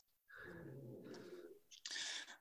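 A low, fluttering, vibrating rumble lasts about a second, followed after a pause by a short, noisy snort. This is a dog with a breathing problem snoring, rough enough to pass for a growling stomach. The sound is thin and narrow, as if heard over a phone line.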